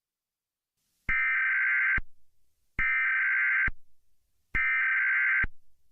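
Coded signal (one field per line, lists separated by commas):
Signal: Emergency Alert System (SAME) tones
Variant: header bursts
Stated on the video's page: Fictional EAS scenario with role-played SAME header tones, for entertainment.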